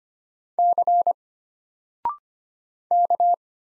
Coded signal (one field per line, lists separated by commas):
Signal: Morse code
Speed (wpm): 25 wpm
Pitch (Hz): 700 Hz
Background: none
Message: C K